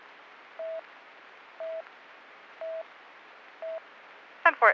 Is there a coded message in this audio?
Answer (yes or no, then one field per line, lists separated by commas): no